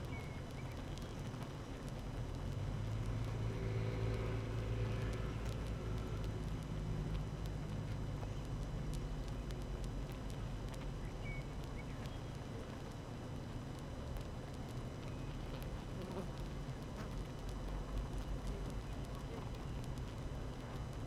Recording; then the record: honeybee colony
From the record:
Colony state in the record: active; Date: 12 June 2018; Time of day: 7:11